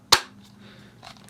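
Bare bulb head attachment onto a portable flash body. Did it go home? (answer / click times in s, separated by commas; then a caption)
yes / 0.1 s. A bare-bulb head attachment is fitted onto a Godox AD200 portable flash body and seats with one loud, sharp click at 0.1 s. A faint low hum follows, then a few soft small clicks and handling noises near 1.1 to 1.3 s.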